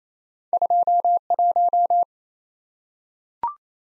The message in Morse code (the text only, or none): 21